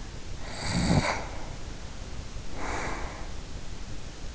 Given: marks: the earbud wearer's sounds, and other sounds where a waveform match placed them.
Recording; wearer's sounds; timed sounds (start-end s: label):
sounds in sleep by an in-ear microphone; snoring breath
0.37-3.52 s: snoring breath